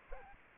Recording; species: mosquito wingbeat signal from an infrared sensor; Aedes aegypti